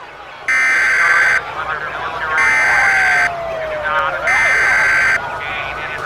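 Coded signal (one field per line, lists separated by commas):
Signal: Emergency Alert System (SAME) tones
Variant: header bursts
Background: speech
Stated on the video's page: Fictional mock EAS alert with valid tones generated by EAS Tools software.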